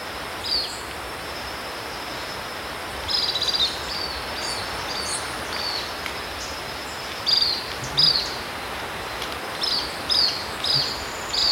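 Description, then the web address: Lemon-browed Flycatcher calling with a series of brief, high, sharp notes, some in quick pairs, scattered over steady hissing background noise. Recorded in Ecuador. "Birds of Ecuador. Lemon-browed Flycatcher"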